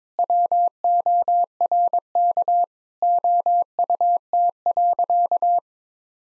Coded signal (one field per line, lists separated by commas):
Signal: Morse code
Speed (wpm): 22 wpm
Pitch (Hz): 700 Hz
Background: none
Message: WORK OUT.